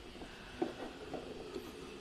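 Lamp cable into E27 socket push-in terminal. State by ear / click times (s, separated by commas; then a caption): seated / 0.6 s. A stripped lamp cable is pushed into the push-in terminal of an E27 lamp socket, and a short, sharp click sounds at 0.6 s over a steady low background hum. The wire seats and locks in the terminal so it will not come back out.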